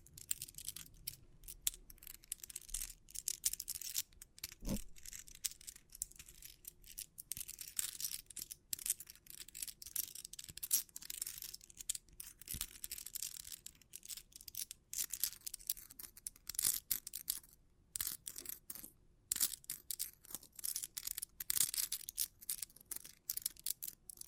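Bling bling triggers: a dense, fast stream of bright crinkly, scratchy clicks and rustles runs nearly the whole time, with brief silent breaks around 17 and 19 seconds. A few soft low thumps land near 5 and 12 seconds.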